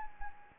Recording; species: mosquito wingbeat signal from an infrared sensor; Anopheles gambiae